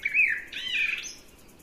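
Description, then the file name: Eurasian blackbird phrase: warbled whistles sliding up and down, ending in a short higher squeaky note, with low background hum. "Turdus merula"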